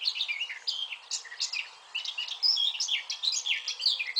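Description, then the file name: Eurasian blackcap song, rapid varied chattering notes and short whistled phrases over a faint steady background hiss. "Sylvia atricapilla"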